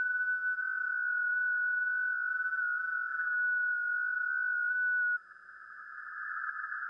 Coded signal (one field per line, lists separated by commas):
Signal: FT8